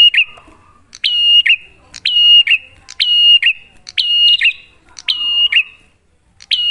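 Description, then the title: Prinia song: a buzzy click burst then a clear whistled note that slurs downward, repeated about once a second, with faint lower chirps between. Lure recording to stimulate prinias to sing, a duet of Cililin versus Kapas Tembak song types. "Masteran Duet Cililin Vs Kapas Tembak. Pancingan Prenjak Gacor"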